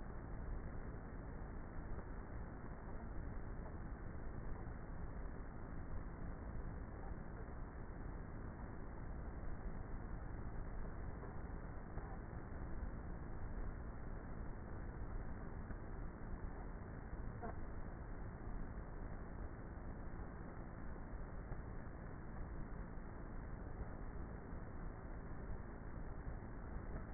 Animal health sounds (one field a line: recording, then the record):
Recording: honeybee colony, microphone inside the hive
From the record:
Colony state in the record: queenless with a low population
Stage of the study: before two queens were removed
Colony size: about 30,000 bees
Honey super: no